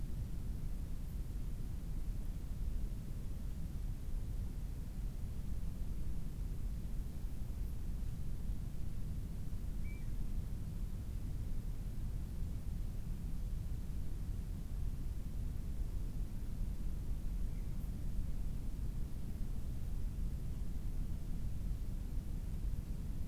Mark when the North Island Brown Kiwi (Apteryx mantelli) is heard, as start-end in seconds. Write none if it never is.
none